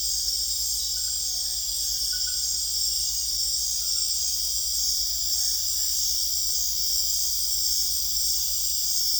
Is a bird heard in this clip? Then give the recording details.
no. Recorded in secondary vegetation near Puerto Asís, Putumayo, Colombia, on 20 December 2024 at 22:00. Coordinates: 0.488, -76.319. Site GP04